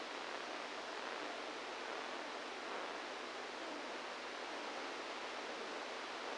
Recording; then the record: brain microelectrode recording played as sound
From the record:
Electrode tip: inside the subthalamic nucleus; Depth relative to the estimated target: -1 mm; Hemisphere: right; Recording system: NeuroSet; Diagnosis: Parkinson's disease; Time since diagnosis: 27 years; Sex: male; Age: 62 years